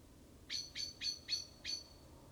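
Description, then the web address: Common blackbird calling five sharp, clipped metallic chinks in quick, slightly uneven succession against faint low background noise. "SETE data Turdus merula"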